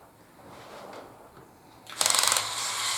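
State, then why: Torque reached. The plastic linear actuators of a Mould King 13146 articulated logging truck toy brick set (MOC 15805) run with a low whir until they reach the end of their travel. Their slip clutch then clicks repeatedly in a bright, rattling burst at about 2.0, 2.1, 2.1, 2.2 and 2.3 seconds. The clutch slips as the actuators hit the end of their stroke.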